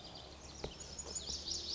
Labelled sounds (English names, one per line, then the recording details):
Pacific Wren
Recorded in Sonoma County, California